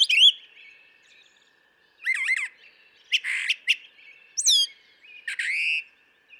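Brown thrasher singing a string of distinct phrases: a wavering slurred note, a harsh burst, a high sweeping note and a buzzy rising note, separated by brief silences.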